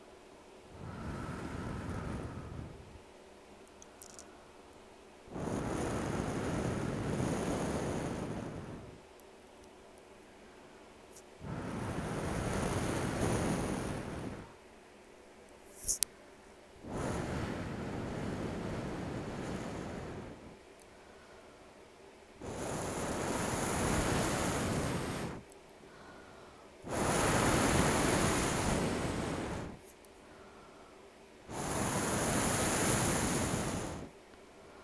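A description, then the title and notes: Air is blown into a microphone in repeated gusts, each a rough rushing roar lasting about three to four seconds, with short quiet gaps between. Seven blasts come at a fairly regular pace, the later ones brighter and more hissing, and a brief click sounds near sixteen seconds. ASMR Blowing Air. Blowing air into my microphone.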